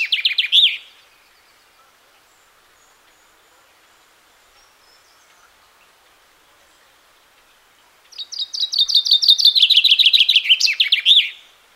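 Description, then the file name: Common chaffinch song: a brief burst of high notes at the start, then after a long pause a rapid descending trill of repeated notes ending in a flourish. "chaffinch"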